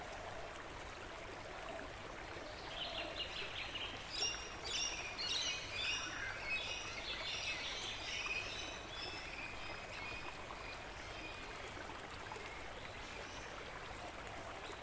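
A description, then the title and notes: A forest creek flows in a steady, dense rush, while birds chirp brightly in a busy burst from about four to nine seconds. Forest Nature Sounds with a Relaxing Flowing Creek in Australia. In this soundscape video you see a flowing creek in the forest with very relaxing flowing water sounds, and in the background you can hear the australian birds singing and chirping on a beautiful summer day.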